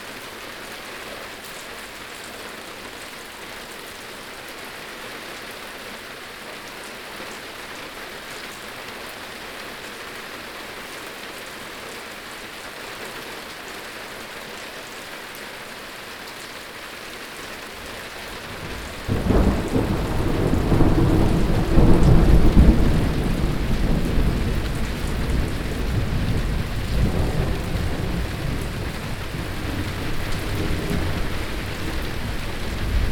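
A thunderstorm with rain: a steady, dense hiss of falling rain holds even for the first nineteen seconds. Then a deep roll of thunder breaks in, loudest around twenty-two seconds, and rumbles on at a lower level to the end.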